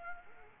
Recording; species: mosquito wingbeat signal from an infrared sensor; Culex quinquefasciatus